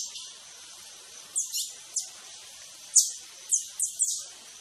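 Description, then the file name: Green honeycreeper short, high, sharp chips given in an irregular quick series, some doubled, over a band of hiss. "Canto do sai verde"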